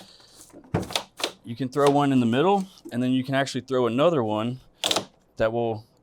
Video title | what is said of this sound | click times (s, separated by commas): ICF Systems: Benefits, Speed & Easy Installation | What this web does, and you can hear it lock into place, | 1.0 s, 1.2 s